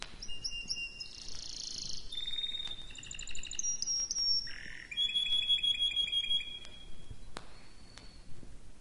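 Canary singing whistled tones and buzzy trills in changing phrases over a low background hiss, quieter toward the end.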